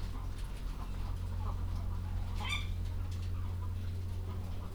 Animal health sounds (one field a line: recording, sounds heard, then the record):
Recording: poultry house recording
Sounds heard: sick chickens (respiratory disease)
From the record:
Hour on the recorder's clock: 22